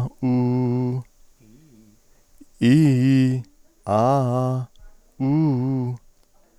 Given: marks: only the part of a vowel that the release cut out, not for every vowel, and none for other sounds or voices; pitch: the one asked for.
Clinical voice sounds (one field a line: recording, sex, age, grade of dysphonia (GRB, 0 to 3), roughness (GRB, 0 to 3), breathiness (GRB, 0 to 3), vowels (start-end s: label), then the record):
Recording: sustained vowels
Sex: male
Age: 60 to 69 years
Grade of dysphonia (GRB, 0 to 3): 1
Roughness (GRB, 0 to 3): 1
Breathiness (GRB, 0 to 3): 1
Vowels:
0.28-0.90 s: vowel /u/, low pitch
2.70-3.29 s: vowel /i/, low-high-low pitch
3.97-4.56 s: vowel /a/, low-high-low pitch
5.25-5.86 s: vowel /u/, low-high-low pitch
From the record:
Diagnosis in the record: cyst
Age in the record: 64 years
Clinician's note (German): Intraepithelisch